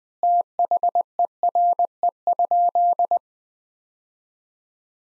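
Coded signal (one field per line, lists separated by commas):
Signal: Morse code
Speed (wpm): 20 wpm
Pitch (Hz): 700 Hz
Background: none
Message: THERE?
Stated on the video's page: Morse practice sentences built from the top 100 words, sent at 20 wpm with 3x standard word spacing, a word-level analogue of Farnsworth.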